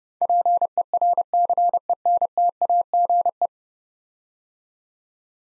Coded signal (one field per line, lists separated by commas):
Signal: Morse code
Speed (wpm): 30 wpm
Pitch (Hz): 700 Hz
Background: none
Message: PERCENTAGE